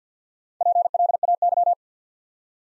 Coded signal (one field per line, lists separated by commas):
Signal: Morse code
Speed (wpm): 49 wpm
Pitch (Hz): 700 Hz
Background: none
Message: PLAY